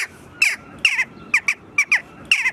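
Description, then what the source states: Western Jackdaw repeating a sharp, squawky kya call, several calls in under three seconds, some in quick pairs, over a quiet background. Kia call (Q-Ruf).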